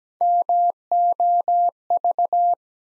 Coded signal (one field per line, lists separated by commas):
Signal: Morse code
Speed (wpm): 17 wpm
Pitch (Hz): 700 Hz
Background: none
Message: MOV